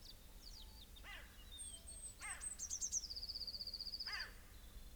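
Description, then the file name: Eurasian blue tit: thin, very high notes, then a fast, buzzy trill that slides slightly down and holds for over a second, with a few lower chevron-shaped calls. "Cyanistes caeruleus"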